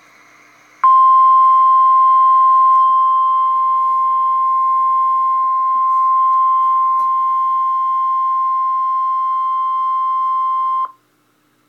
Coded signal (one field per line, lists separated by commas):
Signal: Emergency Alert System (SAME) tones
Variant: 1050 Hz attention tone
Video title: REAL EAS 328-Special marine warning